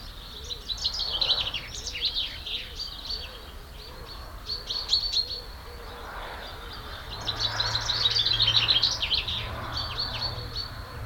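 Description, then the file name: Common chaffinch song bursts among busy high twittering, the clearest a rapid descending trill near the end, with soft repeated low cooing from a dove underneath. "Fringilla coelebs"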